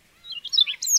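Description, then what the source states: Siberian rubythroat song: a brief rush of high, varied warbled notes, sliding chirps and bright whistles, quickly delivered. Recorded on Teuri Island, Hokkaido, Japan.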